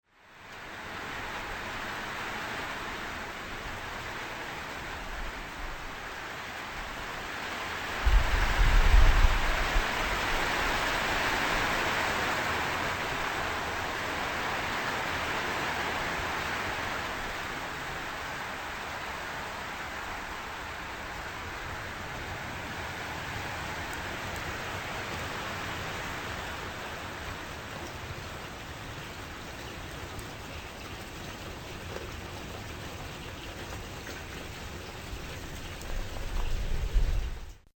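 Steady, dense rain hisses evenly throughout, swelling a little around ten seconds, with low thumps near eight seconds and at the very end.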